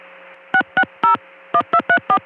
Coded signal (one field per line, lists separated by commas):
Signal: DTMF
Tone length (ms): 80 ms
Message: 6601234